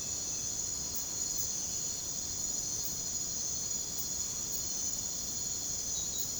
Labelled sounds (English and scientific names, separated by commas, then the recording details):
none
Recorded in secondary vegetation near Puerto Asís, Putumayo, Colombia, on 21 December 2024 at 23:30
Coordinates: 0.489, -76.322
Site G059